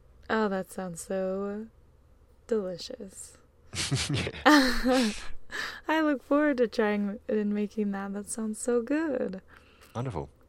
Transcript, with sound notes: Oh, that sounds so delicious.
(Laugh) Yeah.
(Laugh) I look forward to trying to make them. It sounds so good.
Wonderful.